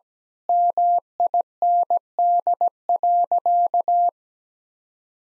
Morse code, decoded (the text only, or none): MIND.